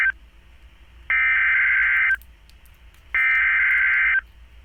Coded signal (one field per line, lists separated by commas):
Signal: Emergency Alert System (SAME) tones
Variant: header bursts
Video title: (EAS#173) Special Marine Warning